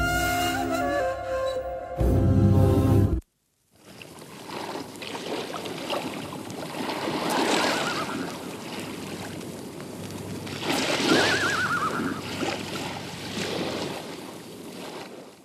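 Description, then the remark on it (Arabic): After a short burst of music cuts off, sea waves rush and hiss in a steady wash, swelling into two louder breaking surges before easing back. “هنا يا طارق، وأمام هذا البحر وقف جواد عقبة بن نافع، فحال هذا البحر بينه وبين متابعة الجهاد.”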